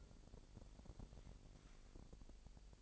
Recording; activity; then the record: daily activity, microphone in the room; take from stove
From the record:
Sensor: 5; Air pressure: 1002.1 hPa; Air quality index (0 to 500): 247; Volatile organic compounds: 9 ppm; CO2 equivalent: 2149 ppm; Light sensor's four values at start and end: 21/45/20/22 and 21/44/20/22